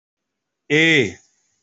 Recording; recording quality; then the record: sustained vowel as in made; excellent, no background noise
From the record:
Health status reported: healthy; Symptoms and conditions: none ticked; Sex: male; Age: 33 years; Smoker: not ticked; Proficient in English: yes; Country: India